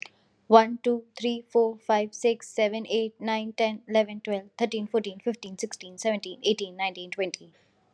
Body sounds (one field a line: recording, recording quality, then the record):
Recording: counting at a fast pace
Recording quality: excellent, no background noise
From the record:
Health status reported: COVID-19 positive, mild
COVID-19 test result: positive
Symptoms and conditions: fatigue, muscle pain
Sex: female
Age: 25 years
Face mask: not worn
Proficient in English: yes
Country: India